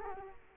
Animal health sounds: mosquito wingbeat signal from an infrared sensor; Culex quinquefasciatus

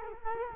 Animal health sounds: mosquito wingbeat signal from an infrared sensor; Culex quinquefasciatus

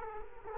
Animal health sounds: mosquito wingbeat signal from an infrared sensor; Culex quinquefasciatus

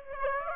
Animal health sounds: mosquito wingbeat signal from an infrared sensor; Aedes aegypti

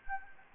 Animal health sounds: mosquito wingbeat signal from an infrared sensor; Anopheles gambiae

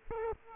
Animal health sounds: mosquito wingbeat signal from an infrared sensor; Aedes aegypti

